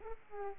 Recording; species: mosquito wingbeat signal from an infrared sensor; Aedes aegypti